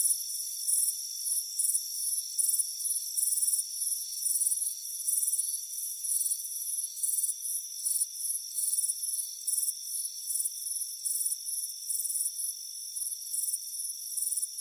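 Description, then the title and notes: High-pitched cricket chorus with quick chirp pulses several times a second above a constant thin whine. Chirping crickets on a warm afternoon at a front porch. "Soothing Crickets Chirping Sound. It's a warm afternoon as you relax in a hammock on the front porch"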